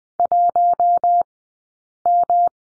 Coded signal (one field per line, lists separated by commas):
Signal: Morse code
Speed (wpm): 20 wpm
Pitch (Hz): 700 Hz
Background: none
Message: 1M